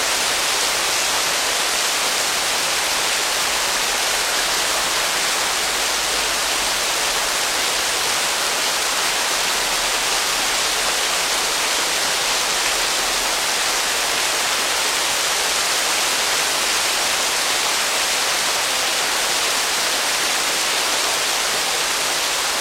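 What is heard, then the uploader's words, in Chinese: Steady, dense rain hiss, bright and unchanging throughout, like a heavy continuous downpour with no distinct drops or other sounds. 净化的心灵雨声。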